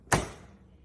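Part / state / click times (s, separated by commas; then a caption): footrest of a manual recliner armchair locking into its closed position / seated / 0.1 s. The footrest of a manual suede recliner armchair is pushed down with the legs after the backrest is returned to upright. A single sharp click at 0.1 s fades into a short, quiet tail. The footrest mechanism locks into its closed position, leaving the chair locked.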